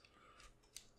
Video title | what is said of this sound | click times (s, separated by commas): Nemesis Reviews Transformers Titans Return Siege on Cybertron- Metalhawk | you hear that click | 0.8 s